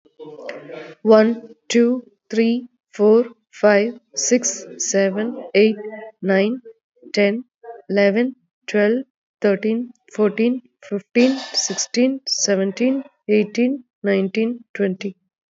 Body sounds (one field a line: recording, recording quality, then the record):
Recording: counting at a normal pace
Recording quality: excellent, no background noise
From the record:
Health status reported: exposed to COVID-19, no respiratory illness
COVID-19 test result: not tested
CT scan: not taken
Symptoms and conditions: cough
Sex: female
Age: 41 years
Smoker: no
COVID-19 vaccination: both doses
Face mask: not worn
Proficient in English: yes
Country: India